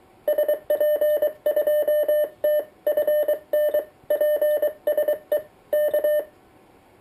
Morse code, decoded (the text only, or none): SP2TFN PSE K